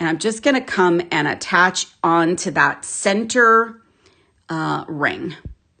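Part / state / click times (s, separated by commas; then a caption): metal jump ring closing onto a chainmail chain ring / not seated / none. Someone talks while handling a metal jump ring with pliers, bringing it over to attach onto the center ring of a chainmail chain. The jump ring has not yet closed or clicked onto the ring by the end of the clip.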